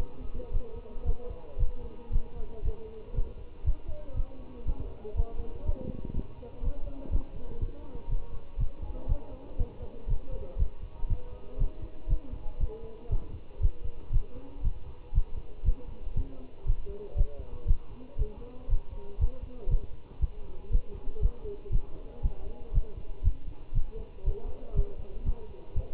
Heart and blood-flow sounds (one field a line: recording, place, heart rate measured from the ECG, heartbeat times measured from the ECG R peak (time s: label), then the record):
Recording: heart sounds by stethoscope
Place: between the tricuspid and mitral areas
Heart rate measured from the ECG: 119 bpm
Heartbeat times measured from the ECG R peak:
0.53 s: heartbeat
1.06 s: heartbeat
1.60 s: heartbeat
2.13 s: heartbeat
2.65 s: heartbeat
3.15 s: heartbeat
3.66 s: heartbeat
4.17 s: heartbeat
4.67 s: heartbeat
5.16 s: heartbeat
5.66 s: heartbeat
6.16 s: heartbeat
6.64 s: heartbeat
7.12 s: heartbeat
7.61 s: heartbeat
8.10 s: heartbeat
8.60 s: heartbeat
9.09 s: heartbeat
9.59 s: heartbeat
10.09 s: heartbeat
10.59 s: heartbeat
11.10 s: heartbeat
11.60 s: heartbeat
12.10 s: heartbeat
12.61 s: heartbeat
13.12 s: heartbeat
13.62 s: heartbeat
14.13 s: heartbeat
14.65 s: heartbeat
15.15 s: heartbeat
15.66 s: heartbeat
16.17 s: heartbeat
16.67 s: heartbeat
17.18 s: heartbeat
17.68 s: heartbeat
18.19 s: heartbeat
18.70 s: heartbeat
19.21 s: heartbeat
19.71 s: heartbeat
20.22 s: heartbeat
20.72 s: heartbeat
21.22 s: heartbeat
21.72 s: heartbeat
22.23 s: heartbeat
22.75 s: heartbeat
23.25 s: heartbeat
23.75 s: heartbeat
24.26 s: heartbeat
24.76 s: heartbeat
25.26 s: heartbeat
25.76 s: heartbeat
From the record:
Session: Bruce protocol treadmill stress test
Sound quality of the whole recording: good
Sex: male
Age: 25 years